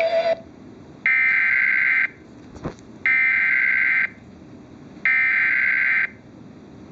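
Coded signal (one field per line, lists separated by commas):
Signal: Emergency Alert System (SAME) tones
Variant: header bursts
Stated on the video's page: Real AM/FM radio broadcast EAS alert for a severe thunderstorm warning.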